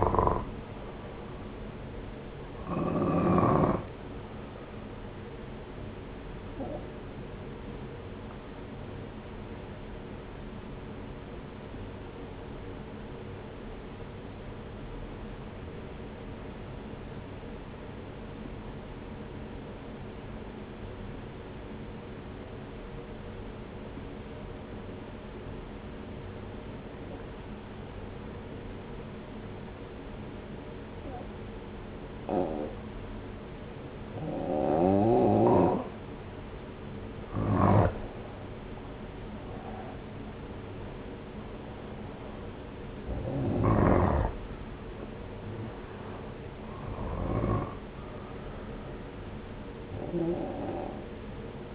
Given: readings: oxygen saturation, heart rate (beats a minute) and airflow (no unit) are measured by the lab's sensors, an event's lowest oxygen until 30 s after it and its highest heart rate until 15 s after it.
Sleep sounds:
breathing in sleep by a voice recorder at the bedside; 1
13.00-38.60 s: obstructive apnea (N1, oxygen 96% highest, then 88% lowest)
14.00-51.75 s: new sleep stage, N2 (light sleep)
From the record:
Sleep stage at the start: N1 (lightest sleep); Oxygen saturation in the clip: 87 to 96%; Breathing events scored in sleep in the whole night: 303 in 8.1 hours asleep

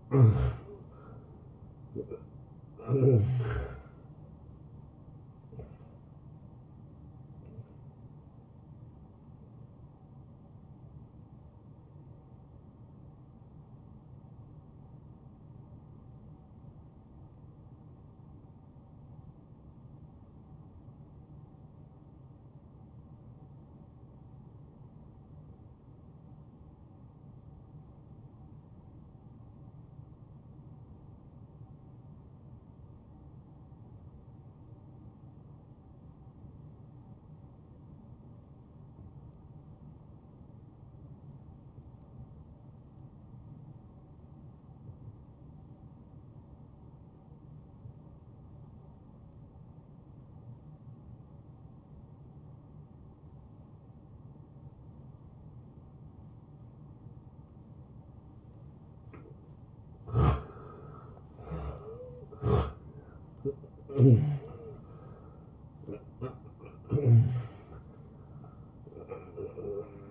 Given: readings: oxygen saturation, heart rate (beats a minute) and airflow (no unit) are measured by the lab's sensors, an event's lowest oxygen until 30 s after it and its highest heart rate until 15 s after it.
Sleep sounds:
breathing in sleep by a smartphone at the bedside; 1
12.00-58.60 s: hypopnea (N1, oxygen 96% highest, then 80% lowest, heart rate 76 at the start, 84 highest)
From the record:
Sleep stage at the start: N1 (lightest sleep); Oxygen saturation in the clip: 82 to 96%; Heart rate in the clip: 65 to 83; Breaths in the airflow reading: 7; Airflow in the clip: -17.9 to 11.2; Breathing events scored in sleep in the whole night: 263 in 5.5 hours asleep

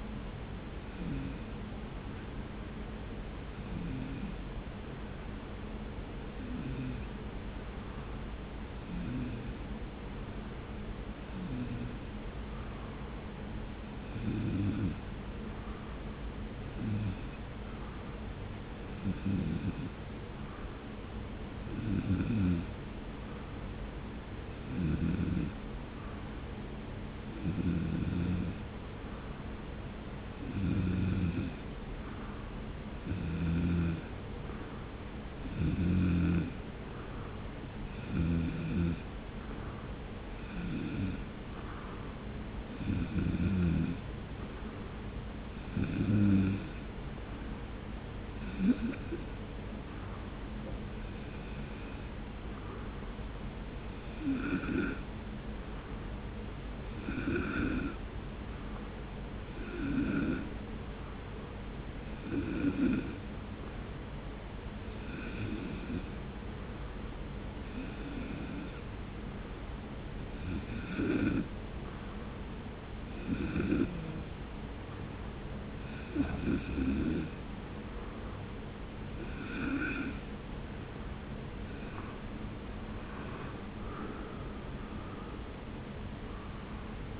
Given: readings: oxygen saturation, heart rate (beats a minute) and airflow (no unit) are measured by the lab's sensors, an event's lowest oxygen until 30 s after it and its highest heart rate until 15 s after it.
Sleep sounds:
breathing in sleep by a voice recorder at the bedside; 1
4.00-24.30 s: hypopnea (N2, oxygen 95% highest, then 92% lowest)
From the record:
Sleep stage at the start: N2 (light sleep); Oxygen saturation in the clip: 91 to 95%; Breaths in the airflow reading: 34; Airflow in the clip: -1.4 to 2.3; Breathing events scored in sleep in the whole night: 335 in 6.7 hours asleep

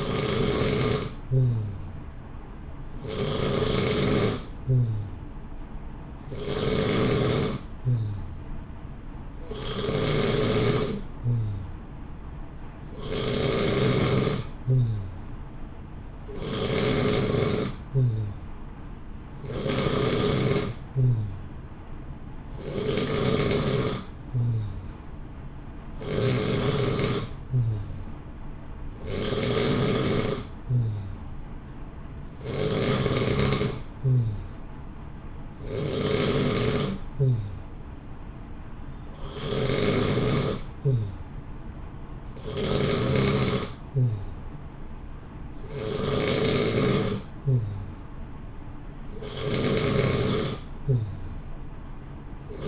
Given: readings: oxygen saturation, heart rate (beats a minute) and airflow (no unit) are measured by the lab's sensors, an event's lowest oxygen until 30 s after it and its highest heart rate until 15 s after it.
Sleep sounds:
breathing in sleep by a smartphone at the bedside; none
21.00-52.68 s: new sleep stage, N3 (deep sleep)
From the record:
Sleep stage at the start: N2 (light sleep); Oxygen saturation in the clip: 89 to 91%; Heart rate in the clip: 60 to 65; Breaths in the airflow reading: 18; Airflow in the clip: -0.9 to 0.9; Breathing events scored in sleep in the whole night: 328 in 6.3 hours asleep

